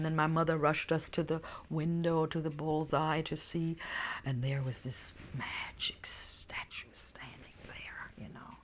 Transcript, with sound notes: And then my mother rushed us to the window, to the bullseye, to see, and there was this ( she whispers ) magic statue standing there, you know.